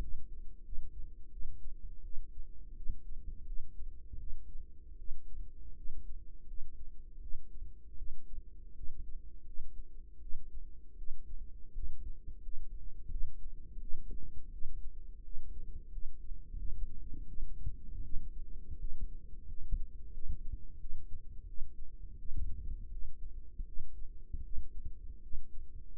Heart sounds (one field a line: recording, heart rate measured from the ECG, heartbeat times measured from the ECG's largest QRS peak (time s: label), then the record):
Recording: heart sounds by microphone in the right ear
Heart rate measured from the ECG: 83 bpm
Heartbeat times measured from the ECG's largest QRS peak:
0.63 s: heartbeat
1.30 s: heartbeat
2.02 s: heartbeat
2.75 s: heartbeat
3.45 s: heartbeat
4.18 s: heartbeat
4.97 s: heartbeat
5.75 s: heartbeat
6.46 s: heartbeat
7.20 s: heartbeat
7.96 s: heartbeat
8.74 s: heartbeat
9.45 s: heartbeat
10.20 s: heartbeat
10.96 s: heartbeat
11.73 s: heartbeat
12.41 s: heartbeat
13.09 s: heartbeat
13.80 s: heartbeat
14.50 s: heartbeat
15.23 s: heartbeat
15.90 s: heartbeat
16.56 s: heartbeat
17.26 s: heartbeat
18.03 s: heartbeat
18.78 s: heartbeat
19.47 s: heartbeat
20.12 s: heartbeat
20.79 s: heartbeat
21.46 s: heartbeat
22.17 s: heartbeat
22.90 s: heartbeat
23.65 s: heartbeat
24.43 s: heartbeat
25.21 s: heartbeat
From the record:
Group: healthy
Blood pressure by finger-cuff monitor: 101/58 mmHg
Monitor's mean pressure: 71 mmHg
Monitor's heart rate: 84 bpm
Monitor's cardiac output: 7.3 L/min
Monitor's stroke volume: 87 mL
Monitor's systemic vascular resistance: 690 dyn s/cm5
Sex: female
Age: 22 years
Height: 157 cm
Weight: 47.6 kg